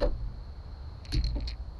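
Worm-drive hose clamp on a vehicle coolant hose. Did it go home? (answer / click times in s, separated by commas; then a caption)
no / 1.0 s, 1.1 s, 1.2 s, 1.5 s. A worm-drive hose clamp on a vehicle coolant hose is tightened, and its band thread slips with a quick run of ratcheting ticks at 1.1, 1.1, 1.2 and 1.5 seconds over a steady high-pitched hum. The clamp strips out while being tightened, though barely any tension was put on it.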